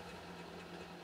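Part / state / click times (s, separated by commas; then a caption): bobbin winder engaging on sewing machine / not seated / none. On a post-WWII Japanese "Dressmaker" sewing machine powered by a 1.3 amp motor, the bobbin winder lever is being handled to engage it against the handwheel. A steady, low mechanical hum with a constant drone continues throughout, with no sharp sounds. Nothing has seated or clicked into place yet.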